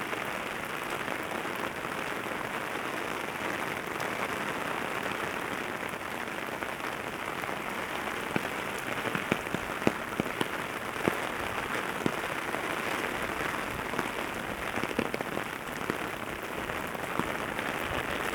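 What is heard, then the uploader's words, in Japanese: Rain patters onto an umbrella overhead in a dense, steady hiss, with countless small drops tapping at once. Sharper, louder taps stand out irregularly, more often in the second half, over a constant wash of falling and running rain. 傘に当たる音、流れて行く雨音。Mic: Mu6 Lifelike2。雨と傘。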